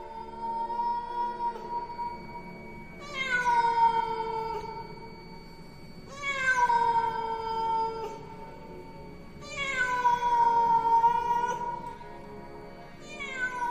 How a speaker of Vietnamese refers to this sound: Sau lưng của nó lù lù xuất hiện một con mèo đen to đùng đùng, kêu lên meo meo rất đáng sợ. Ê, thanh niên thật đấy, Nhưng mà nghe cái tiếng mèo cây giữa đêm vắng tối om om này thì ghê chết mẹ ra.